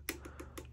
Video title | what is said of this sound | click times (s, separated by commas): Water Filter Backwash and Rinse Procedure Instructions - Aquasure #watersoftener @aquasure2816 | until it locks into place | 0.1 s